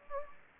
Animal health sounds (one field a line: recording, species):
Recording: mosquito wingbeat signal from an infrared sensor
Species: Anopheles gambiae